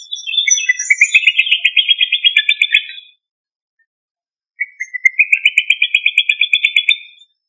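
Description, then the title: Rail calling in two long rattling trills of rapid, steady pulses, separated by a silent gap of about one and a half seconds. "Familia Rallidae"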